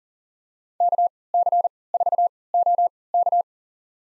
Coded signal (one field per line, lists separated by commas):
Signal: Morse code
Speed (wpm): 40 wpm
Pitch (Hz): 700 Hz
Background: none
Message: KC4OK